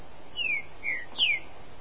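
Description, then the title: Green-winged saltator singing three quick whistled notes, the first and last slurring downward, the middle one flatter, over faint hiss. "Trinca Ferro"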